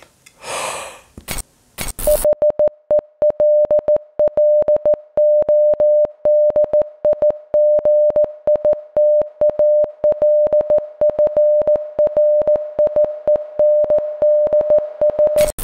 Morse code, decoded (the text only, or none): HELLO DIGITAL FRIENDS